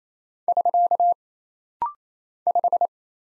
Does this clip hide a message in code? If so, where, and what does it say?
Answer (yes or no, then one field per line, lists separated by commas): yes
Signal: Morse code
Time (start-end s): 0.5-2.9 s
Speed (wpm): 27 wpm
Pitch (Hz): 700 Hz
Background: none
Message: <SK> 5